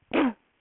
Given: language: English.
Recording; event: throat vibration sensor signal played as sound; cough